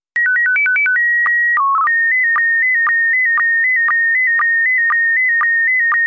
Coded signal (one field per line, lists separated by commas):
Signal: SSTV (slow-scan television)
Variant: PD 120